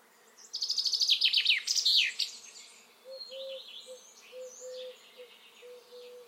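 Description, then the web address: Common chaffinch gives a single cascade of clear descending notes ending in a flourish, then quieter high chirps and a soft low repeated tone. "Deverinetal 2025 File origin Bird Only Fr Co"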